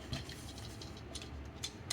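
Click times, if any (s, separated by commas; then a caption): none. A plastic leg segment of a transforming Optimus Prime / Orion Pax action figure is spun around and handled as it is lined up with its slot in the figure's leg, producing light scratchy plastic handling noises and small ticks around 0.1, 1.6 and 1.9 seconds. Nothing has seated or clicked yet; the part is not yet home in its slot.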